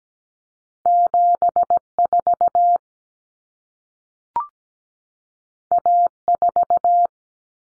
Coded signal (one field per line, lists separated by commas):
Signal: Morse code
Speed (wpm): 17 wpm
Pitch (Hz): 700 Hz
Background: none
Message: 74 A4